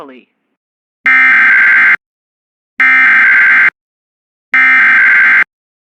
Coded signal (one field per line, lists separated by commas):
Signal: Emergency Alert System (SAME) tones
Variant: header bursts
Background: speech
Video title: EAS #205 Tornado Warning On WJON-IP